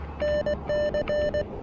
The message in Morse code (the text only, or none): NC